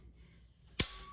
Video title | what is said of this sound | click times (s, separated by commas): ELF OWL UNBOXING, 300 BLACKOUT, ADDING SCOPE, CAN, BIPOD, ETC! | Locks in place once it hits one of the 3 grooves that's up front. | 0.8 s